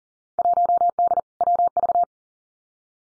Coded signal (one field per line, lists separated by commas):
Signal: Morse code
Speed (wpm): 39 wpm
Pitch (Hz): 700 Hz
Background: none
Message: 1D WV